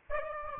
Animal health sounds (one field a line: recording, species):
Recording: mosquito wingbeat signal from an infrared sensor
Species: Aedes albopictus